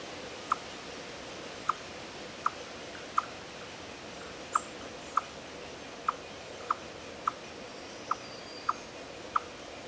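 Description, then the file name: Eastern chipmunk chipping, a long run of about a dozen brief, clipped notes spaced from under a second to over a second apart, slightly uneven in timing. "Tamias striatus"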